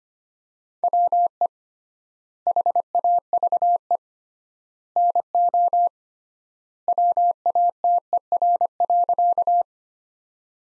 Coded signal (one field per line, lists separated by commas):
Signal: Morse code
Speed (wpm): 25 wpm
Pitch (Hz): 700 Hz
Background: none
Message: WE HAVE NO WATER.